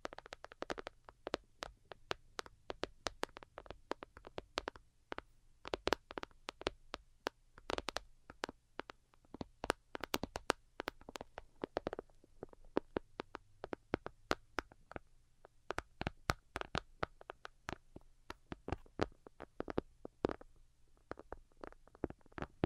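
Delicate tapping goes on throughout, a fast, uneven stream of short, crisp clicks with occasional brief pauses and quick clustered bursts. Some taps land harder and brighter than others. A faint low hum sits underneath the whole time.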